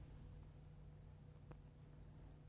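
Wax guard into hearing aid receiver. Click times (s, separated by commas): 1.5 s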